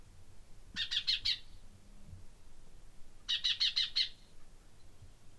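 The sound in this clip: Common chaffinch calls: two brief bursts of four or five rapid high notes, spaced about two and a half seconds apart, over a faint low hum.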